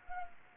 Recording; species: mosquito wingbeat signal from an infrared sensor; Anopheles arabiensis